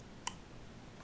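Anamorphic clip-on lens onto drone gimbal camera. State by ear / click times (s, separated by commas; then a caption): seated / 0.3 s. A Freewell anamorphic clip-on lens with four pins, inserted into the holes on a DJI Mavic Air 2 gimbal camera, is spun clockwise until it seats. A single short, bright click sounds at 0.3 s against a quiet background. The lens is then mounted safely.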